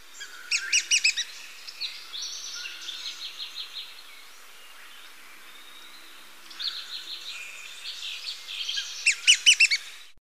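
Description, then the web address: Rufous-winged tyrannulet giving clusters of bright, high chirping notes at the start and end, with fainter series of notes between them. Recorded in Ecuador. "Birds of Ecuador Rufous-winged Tyrannulet"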